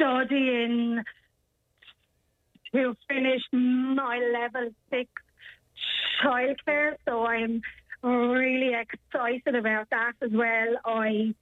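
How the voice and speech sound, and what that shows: Slow, stretched speech from a young woman with a stammer, with a long block-like pause and a prolonged 'ch' sound, typical of stammering. She was diagnosed with cerebral palsy as a child. She is from Carrick-on-Shannon and is speaking in a radio interview.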